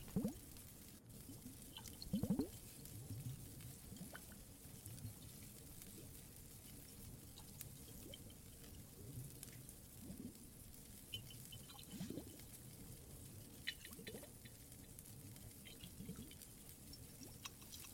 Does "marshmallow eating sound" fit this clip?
no